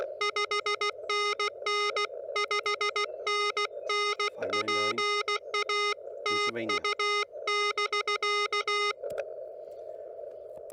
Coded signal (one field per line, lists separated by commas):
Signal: Morse code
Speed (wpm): 16 wpm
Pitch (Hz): 1240 Hz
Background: music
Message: 5NN 5NN PA TU <BK>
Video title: CW Pile Ups? No worries....